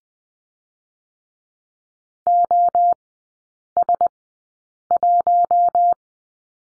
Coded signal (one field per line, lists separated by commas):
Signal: Morse code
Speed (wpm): 20 wpm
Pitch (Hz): 700 Hz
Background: none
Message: OS1